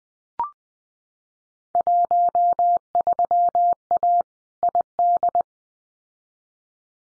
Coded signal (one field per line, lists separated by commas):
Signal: Morse code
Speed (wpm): 20 wpm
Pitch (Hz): 700 Hz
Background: none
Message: 13A ID